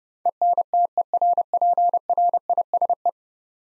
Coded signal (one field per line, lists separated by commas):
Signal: Morse code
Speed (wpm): 30 wpm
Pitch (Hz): 700 Hz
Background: none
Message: ENTERPRISE